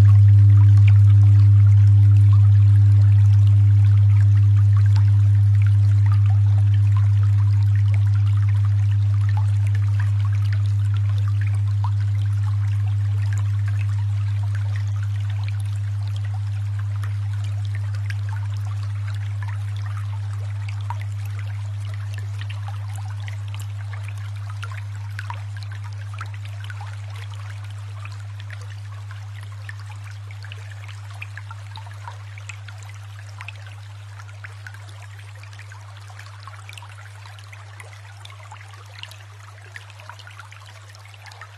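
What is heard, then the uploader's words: A steady, low 100 Hz hum holds for the whole clip, loudest at first and slowly dying away over about forty seconds. A faint higher ringing above it fades out by the midpoint, while a thin, crackly hiss lingers quietly in the background. 100 Hz.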